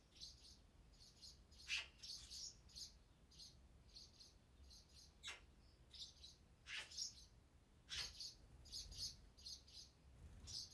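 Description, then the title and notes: Swallow chicks call almost constantly, with repeated high buzzy chirps in quick clusters mixed with clicks. Nestlings moving in a nest in a cellar, parents arriving to feed them; Chaussenans, France; nearby; excerpt of a long recording, MixPre-6 II with DPA 4022 ORTF in Cinela Albert. "BB HIRONDELLES CAVE, 39800 Chaussenans, France - BÉBÉ HIRONDELLES NID DANS LA CAVE. NID D'HIRONDELLES DANS LA CAVE EN PROXIMITÉ. Les Bébé bougent dans leur nid et leur parents viennent les nourrir"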